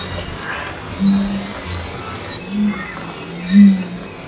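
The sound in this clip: Umbrellabird booming calls: three deep, low booms, each short and swelling, the last one the loudest.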